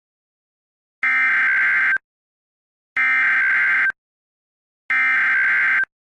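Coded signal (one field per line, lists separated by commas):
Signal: Emergency Alert System (SAME) tones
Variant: header bursts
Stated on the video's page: Fictional EAS scenario about a scary creature, with sirens credited to other creators.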